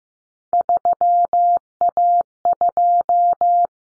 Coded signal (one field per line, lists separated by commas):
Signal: Morse code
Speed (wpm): 15 wpm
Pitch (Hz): 700 Hz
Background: none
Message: 3A2